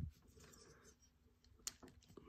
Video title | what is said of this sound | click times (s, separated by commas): Construisez la Toyota Supra de Fast & Furious épisode 4! Le volant et autres… | Bah ouais, pourtant, j'appuie, il n'y a pas de clic, il n'y a rien. | none